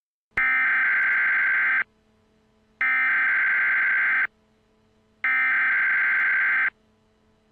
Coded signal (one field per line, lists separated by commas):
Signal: Emergency Alert System (SAME) tones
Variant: header bursts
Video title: EAS Scenario #2 Kidztube Hack